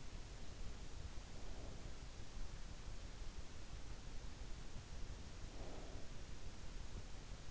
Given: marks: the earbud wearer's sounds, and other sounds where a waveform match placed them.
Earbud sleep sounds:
sounds in sleep by an in-ear microphone; breath
1.00-2.25 s: breath
5.15-6.57 s: breath

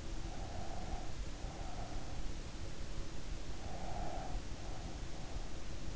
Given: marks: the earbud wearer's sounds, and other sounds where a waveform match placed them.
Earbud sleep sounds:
sounds in sleep by an in-ear microphone; breath
0.31-2.31 s: breath
3.85-5.72 s: breath

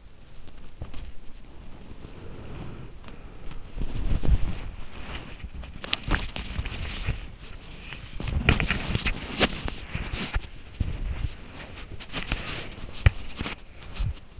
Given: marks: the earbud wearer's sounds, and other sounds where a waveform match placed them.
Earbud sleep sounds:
sounds in sleep by an in-ear microphone; body movement
0.00-1.12 s: body movement
1.27-14.40 s: body movement

